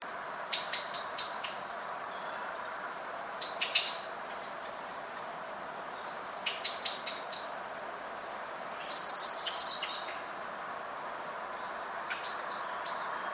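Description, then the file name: Common blackbird calls in short bursts of sharp, high clicking notes, each burst a few notes long, recurring every three seconds or so over a steady background hum. "Turdus merula"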